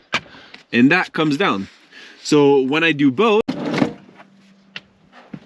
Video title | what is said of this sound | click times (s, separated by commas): $170 Honda Element Camper Conversion (Lived in It for a Year) | And that locks in place, | 0.1 s